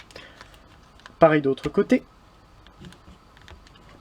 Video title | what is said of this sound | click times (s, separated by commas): Kingdom MEGATRON : TRANSFORMATION ! | jusqu'à ce que sa clipse pareil | 1.1 s